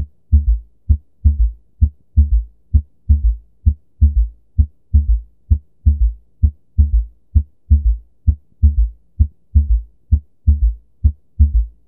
The third heart sound, also known as the “ventricular gallop,” occurs &nbsp;just after S2 when the mitral valve opens, allowing passive filling of &nbsp;the left ventricle. The S3 sound is actually produced by the large &nbsp;amount of blood striking a very compliant LV. A S3 can be a normal finding in &nbsp;children, pregnant females and well-trained athletes; A S3 heart sound is often a sign of systolic heart failure, however it may sometimes be a normal finding.